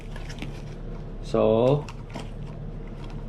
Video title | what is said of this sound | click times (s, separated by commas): How to take apart 3M 7500 and 6200 series half face respirator | first click and second click. | 0.2 s, 0.4 s